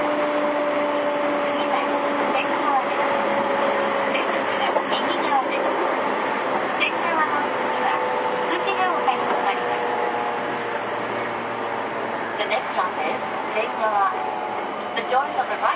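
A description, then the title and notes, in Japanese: A Toei 10-300 train runs steadily, its dense rumble carrying a sustained motor whine and brief squeals, with faint voices at times. 都営10-300形(3次車) 新線新宿〜高尾山口。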